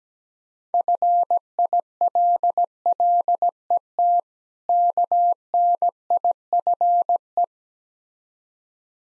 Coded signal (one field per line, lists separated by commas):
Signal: Morse code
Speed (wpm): 19 wpm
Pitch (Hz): 700 Hz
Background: none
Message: FILLET KNIFE